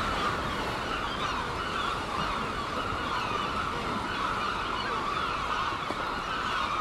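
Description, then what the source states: Gulls calling en masse, a continuous mix of overlapping wails and squeals with no individual bird standing out for long. Gulls at Seaton, dated 17 03.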